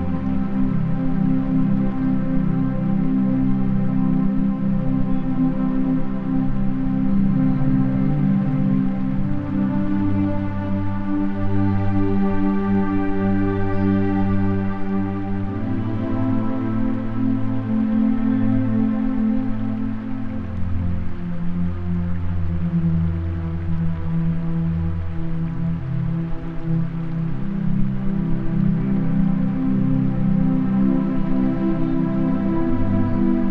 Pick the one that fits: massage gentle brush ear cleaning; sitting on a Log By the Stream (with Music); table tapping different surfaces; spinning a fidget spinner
sitting on a Log By the Stream (with Music)